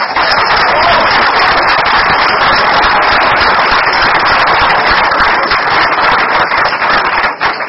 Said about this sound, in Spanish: Aplauso